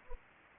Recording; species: mosquito wingbeat signal from an infrared sensor; Anopheles arabiensis